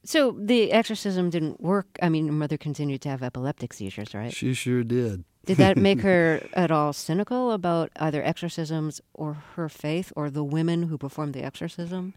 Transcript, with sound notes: So the exorcism didn't work. I mean, your mother continued to have epileptic seizures, right?
She sure did.
(Soundbite of laughter) Did that make her at all cynical about either exorcisms or her faith or the women who performed the exorcism?